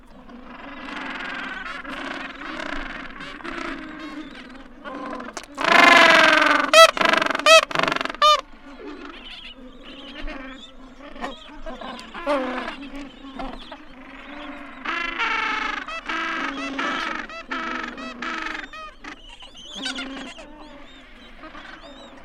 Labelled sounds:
Gentoo Penguin (Pygoscelis papua) call

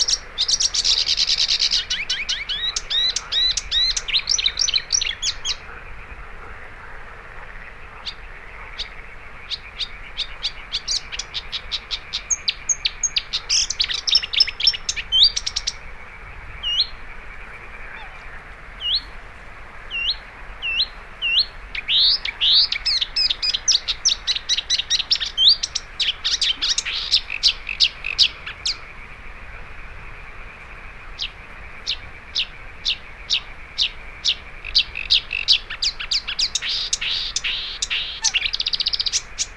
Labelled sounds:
Marsh Warbler (Acrocephalus palustris) song

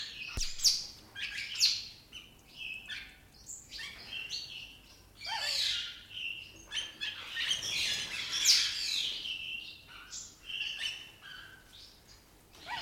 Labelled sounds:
Hooded Pitta (Pitta sordida) call

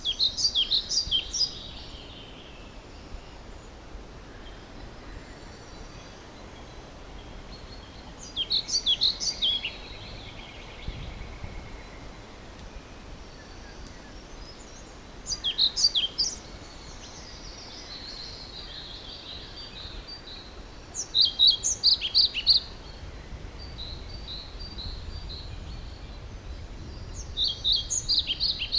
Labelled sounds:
European Pied Flycatcher (Ficedula hypoleuca) song

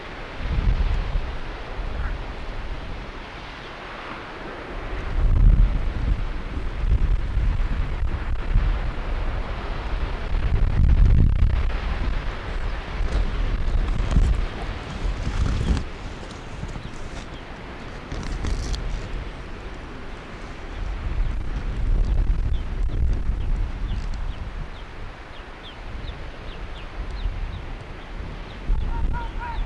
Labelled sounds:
Arctic Fox (Vulpes lagopus)

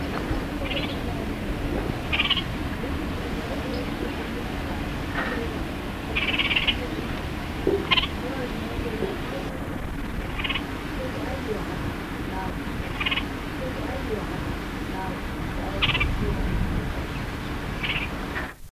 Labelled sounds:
Yellow-crowned Parakeet (Cyanoramphus auriceps) call

